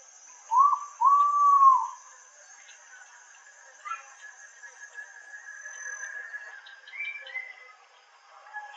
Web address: ULM-DS-Lab indonesian-bird-sounds. Pitta maxima